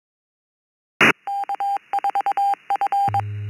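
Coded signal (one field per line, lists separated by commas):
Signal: Morse code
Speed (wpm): 22 wpm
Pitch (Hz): 800 Hz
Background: none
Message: K4F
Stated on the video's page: Recording of the East Coast Reflector Tech Net heard by a shortwave listener.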